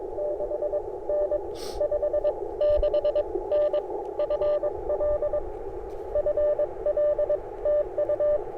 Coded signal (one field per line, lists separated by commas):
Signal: Morse code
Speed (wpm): 20 wpm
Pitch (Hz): 590 Hz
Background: none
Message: 6N 56N FL FL TU